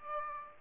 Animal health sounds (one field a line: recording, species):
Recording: mosquito wingbeat signal from an infrared sensor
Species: Aedes aegypti